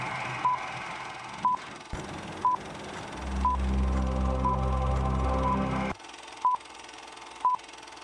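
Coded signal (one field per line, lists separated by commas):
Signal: none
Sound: intro music beeps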